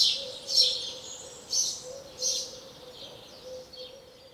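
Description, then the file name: House sparrow chirps, a few bright notes spaced irregularly, fading toward the end. "Passer domesticus"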